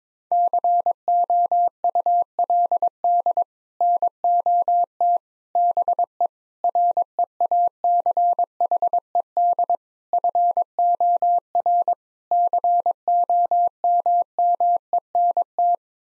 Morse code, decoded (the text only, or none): COULD NOT BE REACHED FOR COMMENT